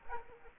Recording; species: mosquito wingbeat signal from an infrared sensor; Aedes aegypti